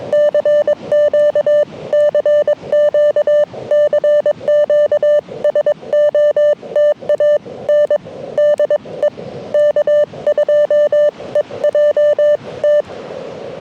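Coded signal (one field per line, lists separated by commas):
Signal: Morse code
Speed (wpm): 22 wpm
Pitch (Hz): 590 Hz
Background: none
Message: CQ CQ CQ SOTA N DE K2EJT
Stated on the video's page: SOTA summit activation on a hike-up mountain; bands were very poor.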